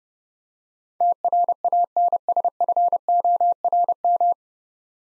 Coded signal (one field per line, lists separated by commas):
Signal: Morse code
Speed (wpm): 30 wpm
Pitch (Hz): 700 Hz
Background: none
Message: TRANSFORM